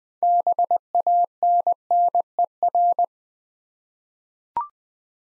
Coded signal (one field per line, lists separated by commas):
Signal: Morse code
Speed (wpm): 20 wpm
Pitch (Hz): 700 Hz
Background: none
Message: BANNER